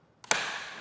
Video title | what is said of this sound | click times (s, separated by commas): etrailer - How to Install the Rhino-Rack Vortex Roof Rack - 2023 Toyota RAV4 | keep tightening the bolt until you hear a click on the torque wrench | 0.3 s